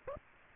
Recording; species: mosquito wingbeat signal from an infrared sensor; Aedes aegypti